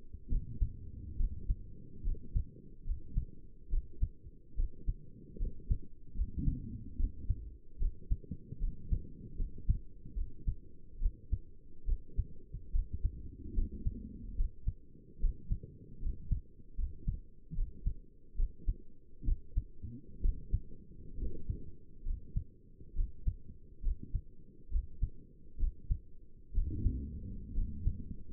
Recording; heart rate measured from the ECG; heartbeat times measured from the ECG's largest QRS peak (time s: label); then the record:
heart sounds by stethoscope; 70 bpm
0.30 s: heartbeat
1.18 s: heartbeat
2.05 s: heartbeat
2.86 s: heartbeat
3.71 s: heartbeat
4.57 s: heartbeat
5.40 s: heartbeat
6.17 s: heartbeat
6.98 s: heartbeat
7.80 s: heartbeat
8.61 s: heartbeat
9.39 s: heartbeat
10.17 s: heartbeat
11.01 s: heartbeat
11.87 s: heartbeat
12.73 s: heartbeat
13.56 s: heartbeat
14.38 s: heartbeat
15.22 s: heartbeat
16.02 s: heartbeat
16.78 s: heartbeat
17.56 s: heartbeat
18.38 s: heartbeat
19.26 s: heartbeat
20.23 s: heartbeat
21.19 s: heartbeat
22.06 s: heartbeat
22.96 s: heartbeat
23.84 s: heartbeat
24.72 s: heartbeat
25.60 s: heartbeat
26.55 s: heartbeat
27.55 s: heartbeat
From the record:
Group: healthy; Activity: rest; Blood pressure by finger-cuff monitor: 89/55 mmHg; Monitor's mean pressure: 68 mmHg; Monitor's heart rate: 71 bpm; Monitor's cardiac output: 6.5 L/min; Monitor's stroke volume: 92 mL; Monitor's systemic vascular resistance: 730 dyn s/cm5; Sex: male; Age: 22 years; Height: 181 cm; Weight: 79 kg